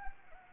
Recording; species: mosquito wingbeat signal from an infrared sensor; Anopheles gambiae